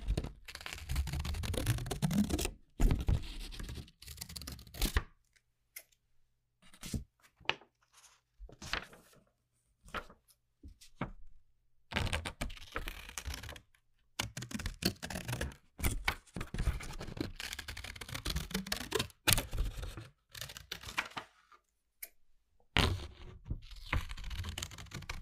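Ordinary household objects make loud, rough sounds: bursts of scraping and rustling with a heavy low rumble in the opening seconds. Short clicks and taps fall into the silent gaps, then dense scraping returns from about 12 to 19 seconds and again near the end.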